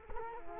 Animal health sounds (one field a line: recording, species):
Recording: mosquito wingbeat signal from an infrared sensor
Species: Culex quinquefasciatus